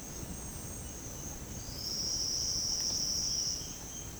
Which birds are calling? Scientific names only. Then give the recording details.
none. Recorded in secondary vegetation near Puerto Asís, Putumayo, Colombia, on 18 February 2024 at 08:30. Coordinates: 0.468, -76.324. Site G6381